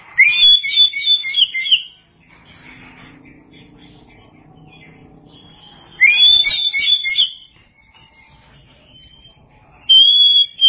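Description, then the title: Oriental magpie-robin singing bursts of bright, chattering whistles every few seconds, with a faint low hum in the gaps between phrases. "Kacer"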